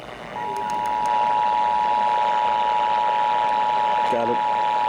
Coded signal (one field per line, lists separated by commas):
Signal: Emergency Alert System (SAME) tones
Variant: 853 and 960 Hz attention tone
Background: speech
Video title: How About A Little More?? | EAS Alerts From 5/14/2023 (EAS #2,068-2,104)